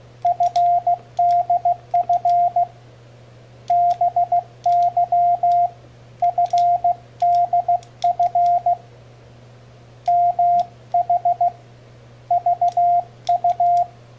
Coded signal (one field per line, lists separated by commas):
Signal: Morse code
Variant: Korean alphabet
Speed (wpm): 16 wpm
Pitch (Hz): 700 Hz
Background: radio noise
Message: 는 데 는 무 리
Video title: 모스 부호 교신에 사용되는 자작 CW 패들키 | D.I.Y. Morse code CW paddle key #morsecode #hamradio #cw